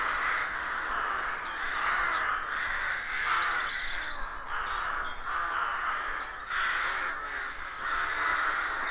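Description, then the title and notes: Rooks: many cawing at once in a dense, raucous chorus. Colony of more than 300 rooks nesting in a dozen roadside trees, deeply rural County Armagh, early spring; pairs greeting, squabbling with neighbours as first chicks hatch. "Sound Escape 113: Enjoy the stirring cacophony of a rook colony. We wandering in deeply rural County Armagh. It's early spring and the rooks rule the woodlands. BBC Countryfile Magazine's Sound Escapes"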